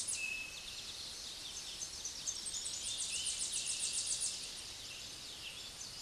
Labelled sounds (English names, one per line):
Tennessee Warbler song